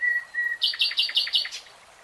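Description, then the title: Nightingale song opening with two steady whistles, then a run of loud buzzy repeated notes. "[Tiếng chim hót] Nightingale Singing"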